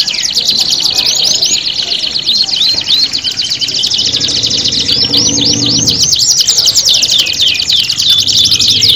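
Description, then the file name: Domestic canaries singing together, dense overlapping rolling trills and rapid sweeping chirps, high-pitched and continuous, with a faint low hum underneath. Simulated standard canary singing contest. "audio simulasi lomba kenari standar. omkicau"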